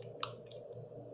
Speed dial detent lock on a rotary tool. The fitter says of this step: para fixar, ó, dá um clique.